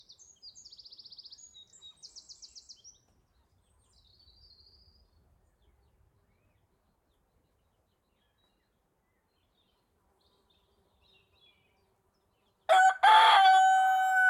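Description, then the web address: Rooster starting a loud crow at the very end, cut off, after small birds give rapid buzzy trilled phrases in an otherwise quiet field. Countryside field ambience recorded by day, with a rooster and other birds. "Fox Audio Post-Production - Countryside – Nature Field Amb Countryside Day Rooster Birds"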